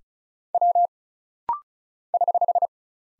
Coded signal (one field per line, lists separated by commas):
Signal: Morse code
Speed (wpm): 36 wpm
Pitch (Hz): 700 Hz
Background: none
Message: W <HH>